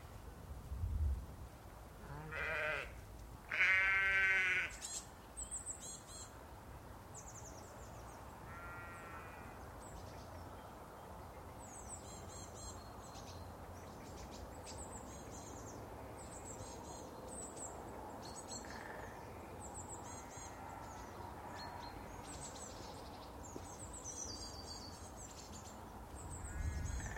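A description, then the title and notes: Early birdsong fills the clip: high, quick chirps and twittering calls from several small birds repeat steadily from about five seconds to the end. Near the start come louder calls, including a bleat-like cry around three to four seconds, over a soft low rumble. New lambs and early birds on a frozen Monmouth-Brecon canal in Wales. We take an icy dawn walk along the frozen Mon-Brec canal in Monmouthshire to hear song thrushes, siskins, tits, a great spotted woodpecker and even a brief burst of treecreeper.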